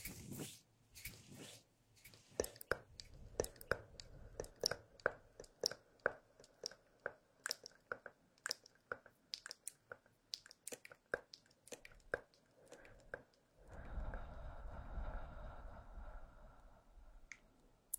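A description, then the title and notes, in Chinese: Hands rubbing together, heard as a run of short, sharp swishes and soft smacks, irregular and fairly quick from about two to thirteen seconds. Near fourteen seconds a steadier, rough rumbling rub takes over for a few seconds before fading. 搓手手。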